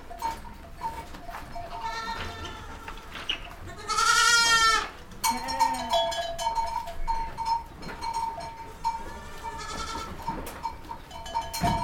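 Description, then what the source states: Goat bleats, one long, loud, high wavering cry before the middle and softer bleats around it over a steady hum. Goats recorded in a goat stable.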